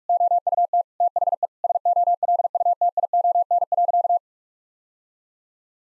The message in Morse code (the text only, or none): OUT THE SOLUTION.